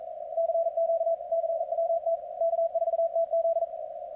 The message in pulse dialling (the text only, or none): none